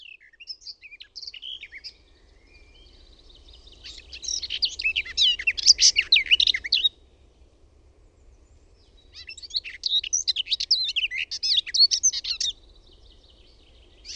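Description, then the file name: Garden warbler song: sustained hurried warbling phrases of varied chattering notes, two long bursts separated by a few seconds of quiet, with faint low background hum. "LEHTOKERTTU"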